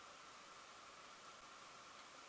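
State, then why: Not seated. A plastic model kit part is held and lined up in its mating socket. Only a steady broadband hiss with a faint tone near 1.2 kHz is heard, with no distinct impacts. The part has not seated or clicked yet.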